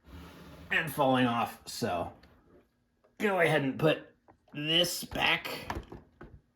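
Someone talks while handling a removable floor section of the LEGO Marvel Super-Heroes 76218 Sanctum Sanctorum, a modular plastic brick building, putting it back onto the floor below to press it down onto the studs. A faint, brief handling sound comes near the end, but nothing has seated or clicked yet.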